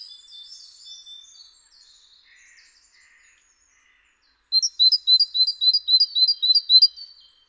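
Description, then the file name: Great tit: soft, faint twitters and lower notes first, then a loud, rhythmic run of high two-note phrases lasting over two seconds. "Parus major"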